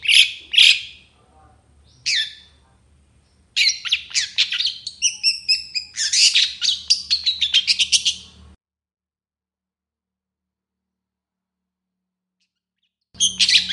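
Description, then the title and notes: Long-tailed shrike song: three sharp squeaky notes, then a long stretch of rapid, buzzy chattering and whistled fragments, a silent gap, and a final harsh burst. Morning singing by an actively singing long-tailed shrike, with a 'toet toet' variation of notes. "Cendet Gacor Dor Di Kala Pagi Toet Toet Variasi Suara. Burung cendet"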